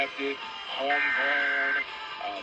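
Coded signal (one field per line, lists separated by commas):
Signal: Emergency Alert System (SAME) tones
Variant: header bursts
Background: speech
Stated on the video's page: Texas Required Monthly Test relayed on AM, FM and TV broadcast stations in Fort Worth, including 820 kHz AM.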